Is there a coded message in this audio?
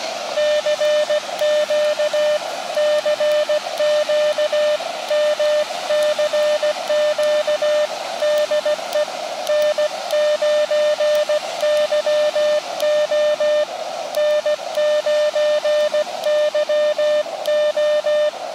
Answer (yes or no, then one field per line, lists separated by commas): yes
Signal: Morse code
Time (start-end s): 0.4-18.3 s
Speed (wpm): 16 wpm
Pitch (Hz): 600 Hz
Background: music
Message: CQ CQ MCQ DE N9YO N9YO